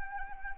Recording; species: mosquito wingbeat signal from an infrared sensor; Anopheles arabiensis